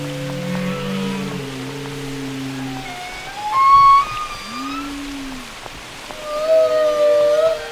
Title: Whale Wisdom: Understanding the Language of the Deep